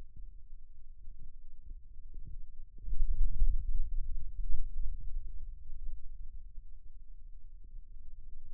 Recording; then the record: forearm muscle sounds (acoustic myography)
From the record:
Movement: pen grasping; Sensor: system 2, bracelet of six BSWA MPA416 microphones around the upper forearm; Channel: 1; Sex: male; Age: 22 years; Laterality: right